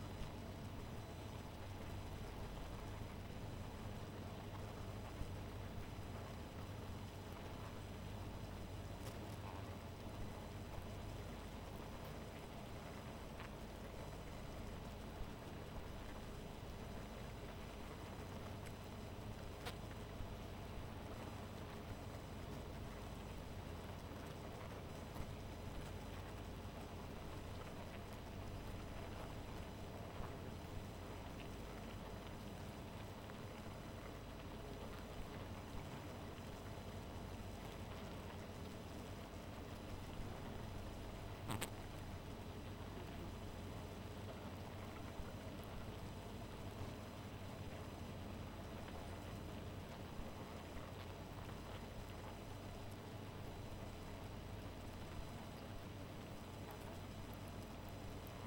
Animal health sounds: honeybee colony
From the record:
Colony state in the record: missing queen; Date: 14 July 2017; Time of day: 2:15

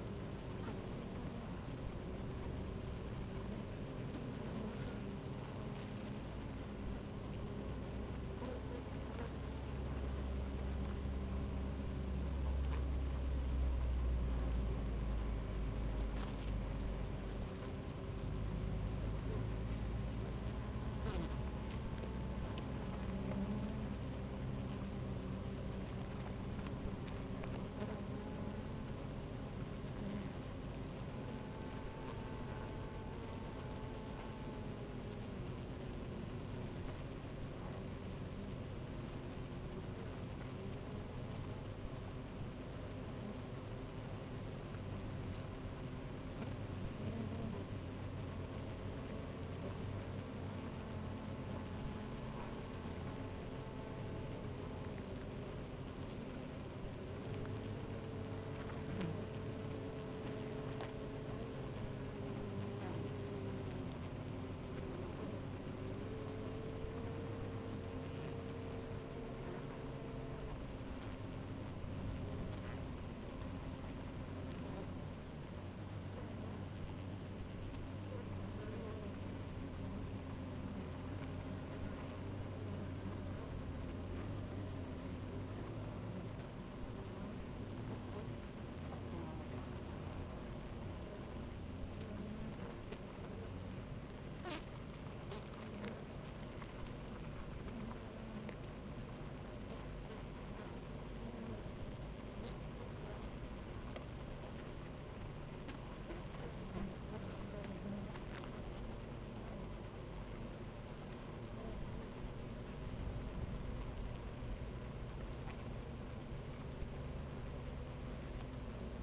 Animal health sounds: honeybee colony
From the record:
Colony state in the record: active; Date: 28 July 2017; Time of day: 11:56

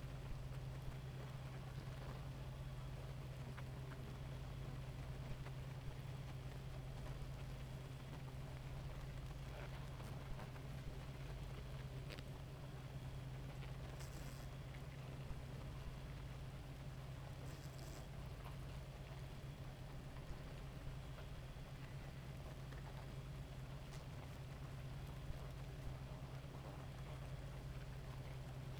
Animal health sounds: honeybee colony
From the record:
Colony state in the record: active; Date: 28 July 2017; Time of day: 2:26

